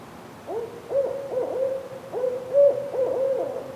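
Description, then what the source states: Owl giving a drawn-out steady hoot with irregular wavering notes and several louder pulses spread throughout. Recorded 30 October 2005.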